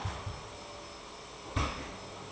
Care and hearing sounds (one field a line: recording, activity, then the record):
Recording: daily activity, microphone in the room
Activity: vacuum cleaning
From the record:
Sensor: 1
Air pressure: 1010.2 hPa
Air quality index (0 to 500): 173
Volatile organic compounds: 13 ppm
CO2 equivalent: 2381 ppm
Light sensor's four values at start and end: 51/133/55/69 and 51/133/55/69